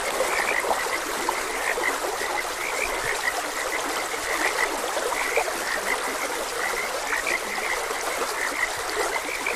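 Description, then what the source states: Frogs call with brief bright chirps at irregular intervals over a rushing stream. Frogs croaking beside a gentle stream.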